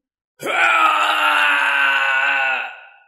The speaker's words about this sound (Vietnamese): Tiếng kêu thê lương truyền khắp thiên địa.